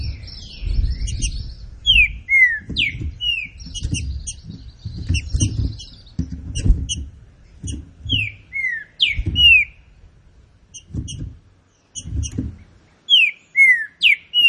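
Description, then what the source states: Green-winged saltator song repeated several times, short phrases of bright swooping whistles, with buzzy high trills, thin chirps and low knocking noises throughout. Classic song style of the green-winged saltator, presented for song training.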